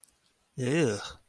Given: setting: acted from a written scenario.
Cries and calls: vocal sound without words; disgust

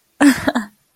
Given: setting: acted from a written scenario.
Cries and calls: vocal sound without words; pride

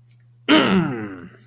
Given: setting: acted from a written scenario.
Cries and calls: vocal sound without words; triumph

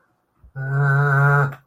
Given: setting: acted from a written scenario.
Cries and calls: vocal sound without words; distress

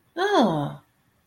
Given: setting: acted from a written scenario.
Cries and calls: vocal sound without words; disgust

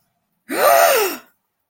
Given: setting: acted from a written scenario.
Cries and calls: vocal sound without words; positive surprise

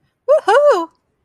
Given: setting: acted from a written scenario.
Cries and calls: vocal sound without words; triumph

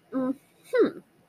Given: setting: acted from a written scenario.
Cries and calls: vocal sound without words; contempt

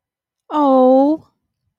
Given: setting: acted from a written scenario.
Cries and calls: vocal sound without words; adoration

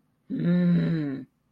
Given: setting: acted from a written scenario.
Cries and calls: vocal sound without words; anger

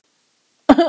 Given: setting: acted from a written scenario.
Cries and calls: vocal sound without words; embarrassment

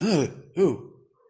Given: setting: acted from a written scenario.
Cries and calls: vocal sound without words; negative surprise

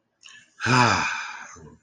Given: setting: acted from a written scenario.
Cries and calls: vocal sound without words; shame

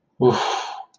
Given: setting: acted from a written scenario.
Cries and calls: vocal sound without words; relief

